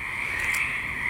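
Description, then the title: Frogs trilling together in a constant, even high chorus with no pauses; a short faint tick sounds midway. Frogs back in full force at a pond at Knickerbocker; pond still a little low; frog eggs and tadpoles present. "The Frogs of Knickerbocker"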